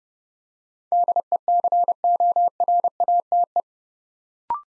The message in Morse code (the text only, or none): DECORATE